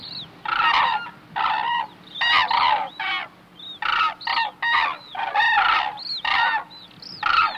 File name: hooded crane